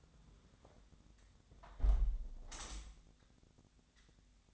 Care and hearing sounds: daily activity, microphone in the room; close window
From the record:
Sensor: 3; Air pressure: 1006.5 hPa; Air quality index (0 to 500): 203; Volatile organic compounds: 17 ppm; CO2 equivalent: 2584 ppm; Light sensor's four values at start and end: 10/24/10/10 and 10/24/10/10

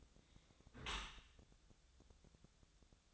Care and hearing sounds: daily activity, microphone in the room; close dishwasher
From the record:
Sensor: 3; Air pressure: 1000.5 hPa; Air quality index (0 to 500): 175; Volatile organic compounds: 3 ppm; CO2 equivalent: 1510 ppm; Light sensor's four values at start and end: 14/36/14/16 and 14/36/14/16

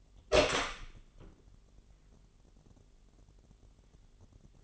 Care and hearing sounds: daily activity, microphone in the room; open door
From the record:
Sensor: 4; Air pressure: 999.2 hPa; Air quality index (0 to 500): 113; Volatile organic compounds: 2 ppm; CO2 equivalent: 1119 ppm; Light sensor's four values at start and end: 12/29/12/13 and 12/30/12/13

